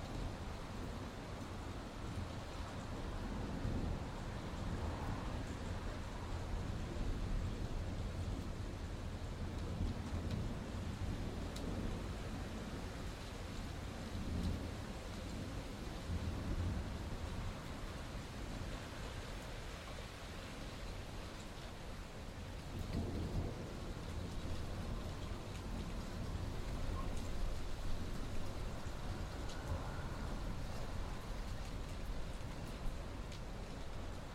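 Wind roars steadily across open country, a dense low rumble with gusts swelling around 4, 15 and 23 seconds, never fully settling.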